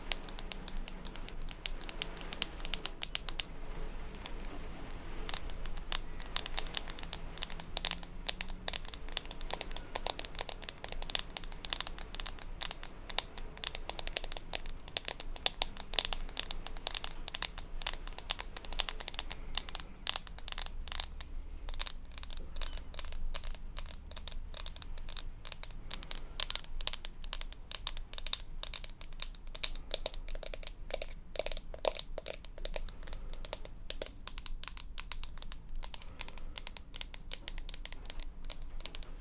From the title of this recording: Tapping